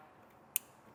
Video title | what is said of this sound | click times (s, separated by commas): etrailer - Installation Guide for Curt T-Connector Vehicle Wiring Harness - 2020 Hyundai Santa Fe | and click into place | 0.6 s